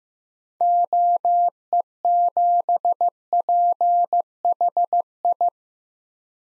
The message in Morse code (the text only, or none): OE7PHI